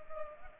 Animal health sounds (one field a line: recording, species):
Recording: mosquito wingbeat signal from an infrared sensor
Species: Culex pipiens